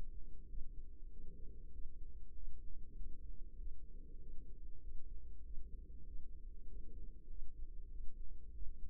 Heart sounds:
heart sounds by microphone in the right ear; 97 bpm
0.45 s: heartbeat
1.08 s: heartbeat
1.70 s: heartbeat
2.32 s: heartbeat
2.94 s: heartbeat
3.55 s: heartbeat
4.17 s: heartbeat
4.79 s: heartbeat
5.41 s: heartbeat
6.03 s: heartbeat
6.64 s: heartbeat
7.27 s: heartbeat
7.88 s: heartbeat
8.50 s: heartbeat
From the record:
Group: healthy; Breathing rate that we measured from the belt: 22 breaths a minute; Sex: female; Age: 32 years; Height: 172 cm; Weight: 71.7 kg

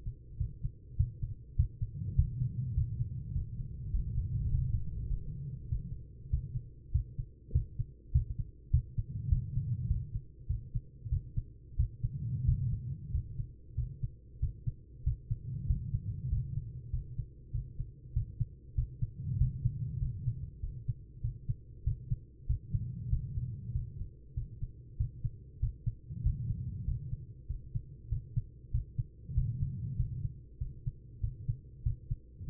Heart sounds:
heart sounds by stethoscope; 97 bpm
0.37 s: heartbeat
0.97 s: heartbeat
1.56 s: heartbeat
2.15 s: heartbeat
2.74 s: heartbeat
3.33 s: heartbeat
3.91 s: heartbeat
4.48 s: heartbeat
5.06 s: heartbeat
5.68 s: heartbeat
6.30 s: heartbeat
6.92 s: heartbeat
7.52 s: heartbeat
8.12 s: heartbeat
8.71 s: heartbeat
9.29 s: heartbeat
9.87 s: heartbeat
10.47 s: heartbeat
11.09 s: heartbeat
11.76 s: heartbeat
12.45 s: heartbeat
13.11 s: heartbeat
13.75 s: heartbeat
14.40 s: heartbeat
15.04 s: heartbeat
15.67 s: heartbeat
16.29 s: heartbeat
16.90 s: heartbeat
17.51 s: heartbeat
18.13 s: heartbeat
18.75 s: heartbeat
19.37 s: heartbeat
19.99 s: heartbeat
20.60 s: heartbeat
21.21 s: heartbeat
21.84 s: heartbeat
22.46 s: heartbeat
23.09 s: heartbeat
23.72 s: heartbeat
24.34 s: heartbeat
24.97 s: heartbeat
25.59 s: heartbeat
26.22 s: heartbeat
26.85 s: heartbeat
27.47 s: heartbeat
28.09 s: heartbeat
28.71 s: heartbeat
29.34 s: heartbeat
29.96 s: heartbeat
30.58 s: heartbeat
31.20 s: heartbeat
31.83 s: heartbeat
32.46 s: heartbeat
From the record:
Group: healthy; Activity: rest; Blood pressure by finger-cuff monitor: 139/78 mmHg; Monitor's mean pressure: 96 mmHg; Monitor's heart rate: 97 bpm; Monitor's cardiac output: 6.8 L/min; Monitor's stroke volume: 70 mL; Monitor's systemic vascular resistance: 1030 dyn s/cm5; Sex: female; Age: 43 years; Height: 160 cm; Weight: 90 kg

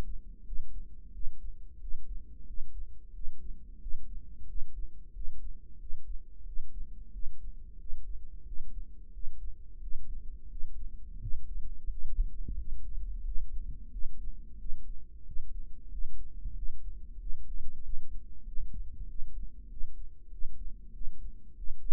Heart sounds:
heart sounds by microphone in the right ear; 91 bpm
0.46 s: heartbeat
1.14 s: heartbeat
1.81 s: heartbeat
2.48 s: heartbeat
3.15 s: heartbeat
3.81 s: heartbeat
4.49 s: heartbeat
5.15 s: heartbeat
5.80 s: heartbeat
6.47 s: heartbeat
7.13 s: heartbeat
7.80 s: heartbeat
8.47 s: heartbeat
9.14 s: heartbeat
9.82 s: heartbeat
10.50 s: heartbeat
11.21 s: heartbeat
11.90 s: heartbeat
12.58 s: heartbeat
13.25 s: heartbeat
13.93 s: heartbeat
14.60 s: heartbeat
15.27 s: heartbeat
15.92 s: heartbeat
16.57 s: heartbeat
17.20 s: heartbeat
17.84 s: heartbeat
18.47 s: heartbeat
19.09 s: heartbeat
19.71 s: heartbeat
20.32 s: heartbeat
20.94 s: heartbeat
21.57 s: heartbeat
From the record:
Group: healthy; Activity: rest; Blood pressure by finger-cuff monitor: 143/90 mmHg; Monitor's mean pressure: 108 mmHg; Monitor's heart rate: 90 bpm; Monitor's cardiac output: 7.3 L/min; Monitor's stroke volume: 81 mL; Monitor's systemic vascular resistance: 1100 dyn s/cm5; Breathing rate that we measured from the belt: 18 breaths a minute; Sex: male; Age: 21 years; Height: 175 cm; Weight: 72.6 kg

